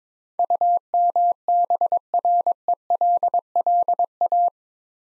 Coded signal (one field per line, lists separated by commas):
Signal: Morse code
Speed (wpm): 21 wpm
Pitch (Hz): 700 Hz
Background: none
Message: UMBRELLA